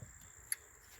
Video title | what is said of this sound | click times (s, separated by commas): 99 Accord Engine & transmission removal | clicked right in in the green one will plug right in over here | 0.5 s